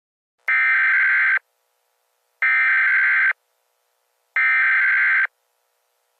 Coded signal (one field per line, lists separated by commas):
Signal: Emergency Alert System (SAME) tones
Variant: header bursts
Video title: EAS Scenario: Kentucky Coal Mine Fire